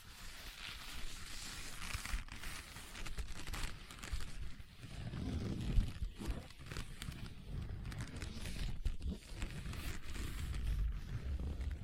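Leather being tapped and scratched, a dense continuous rustling with soft thumps and a heavier, lower stretch around the middle.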